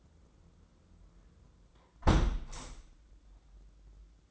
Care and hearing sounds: daily activity, microphone in the room; close window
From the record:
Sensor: 3

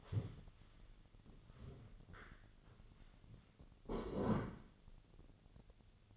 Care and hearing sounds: daily activity, microphone in the room; stand up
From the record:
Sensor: 4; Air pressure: 1001.2 hPa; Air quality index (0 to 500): 183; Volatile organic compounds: 2 ppm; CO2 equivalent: 1309 ppm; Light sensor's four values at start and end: 14/33/13/14 and 14/33/13/13

